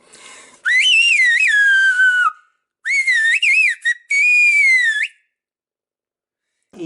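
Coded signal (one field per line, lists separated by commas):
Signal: whistled language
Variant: Silbo herreño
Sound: two loud gliding whistled phrases, rising and falling in pitch, separated by pause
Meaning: Let's go fishing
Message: vamos a pescar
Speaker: a pescar primero el nombre vamos a pescar vamos y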